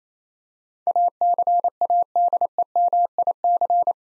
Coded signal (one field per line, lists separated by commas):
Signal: Morse code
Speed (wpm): 28 wpm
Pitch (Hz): 700 Hz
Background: none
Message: ACADEMIC